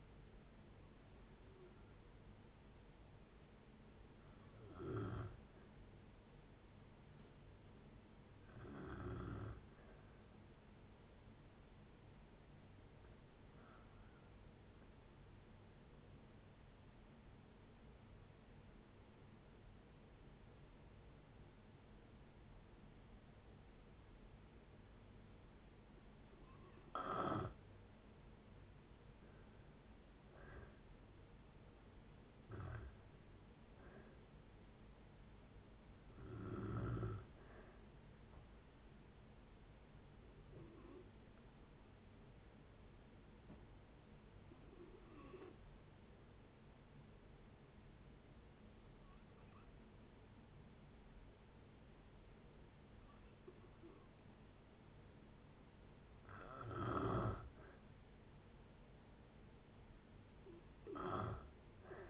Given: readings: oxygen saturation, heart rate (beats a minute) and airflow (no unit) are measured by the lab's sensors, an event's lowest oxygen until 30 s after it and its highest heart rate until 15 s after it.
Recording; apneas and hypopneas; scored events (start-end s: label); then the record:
breathing in sleep by a voice recorder at the bedside; 2
10.00-29.60 s: hypopnea (N1, oxygen 95% highest, then 86% lowest, heart rate 62 at the start, 70 highest)
13.00-62.10 s: new sleep stage, N2 (light sleep)
41.00-57.70 s: hypopnea (N2, oxygen 96% highest, then 89% lowest, heart rate 68 at the start, 68 highest)
From the record:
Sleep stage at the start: N1 (lightest sleep); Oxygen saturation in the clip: 85 to 96%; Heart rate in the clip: 57 to 71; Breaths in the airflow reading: 14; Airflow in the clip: -5.9 to 7.8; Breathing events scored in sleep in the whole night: 496 in 5.4 hours asleep